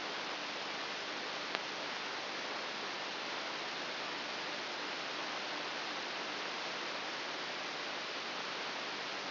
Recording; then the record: brain microelectrode recording played as sound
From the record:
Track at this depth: inside the subthalamic nucleus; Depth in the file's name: 4.202 mm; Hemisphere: right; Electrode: 3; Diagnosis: Parkinson's disease